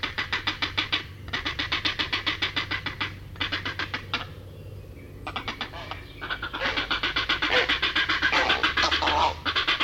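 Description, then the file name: Grey heron fast clattering series of harsh pulses in bouts broken by brief pauses, with a low hum behind. "Grey Heron (Ardea cinerea)"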